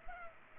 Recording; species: mosquito wingbeat signal from an infrared sensor; Culex pipiens